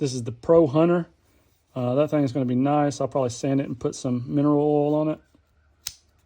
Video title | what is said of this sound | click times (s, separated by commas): Another Epic mail call + #Buck4five | Hear that snap, guys? That's got some some alligator snap. | 5.9 s